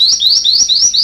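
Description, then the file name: Sanma bird repeating quick rising whistled sweeps, about five in one second, bright and evenly spaced. "suara burung sanma"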